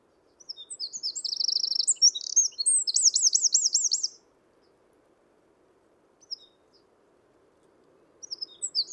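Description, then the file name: Eurasian wren singing one long, fast, high-pitched phrase of rattling trills and rolling warbles for about four seconds, followed by a quiet gap with a faint note or two, then the start of another phrase at the end. "Troglodytes troglodytes"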